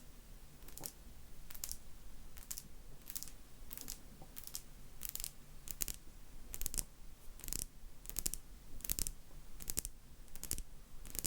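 Sharp, bright taps repeat at a steady pace, roughly one every three-quarters of a second, over a low, rumbling background hum throughout.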